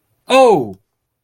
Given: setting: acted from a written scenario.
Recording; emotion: vocal sound without words; positive surprise